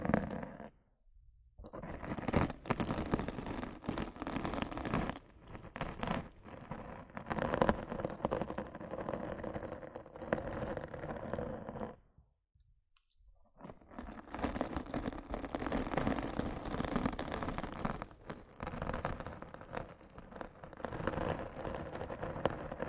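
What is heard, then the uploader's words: Rough scratching and brushing against a microphone, a dense, crackling scrape that fills the lows and highs and keeps shifting in texture. The sound cuts out briefly near the start and again for about a second around twelve seconds, then resumes. ASMR Rough Mic Scratching & Brushing (No Talking).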